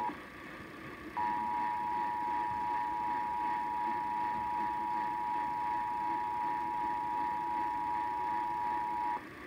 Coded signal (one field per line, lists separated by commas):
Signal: Emergency Alert System (SAME) tones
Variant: 853 and 960 Hz attention tone